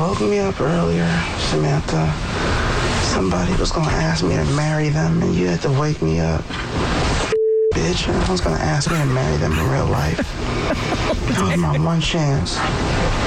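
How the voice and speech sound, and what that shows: An adult woman talking in her sleep (somniloquy), captured with a sleep recorder app on her phone. Her sleep speech comes in clear, fully worded sentences in a normal speaking voice, with short pauses between phrases.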